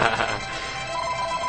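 A telephone rings with a steady electronic ringtone, a bright, buzzing tone with layered harmonics that holds at an even level for a moment, with no voices over it.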